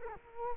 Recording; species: mosquito wingbeat signal from an infrared sensor; Culex quinquefasciatus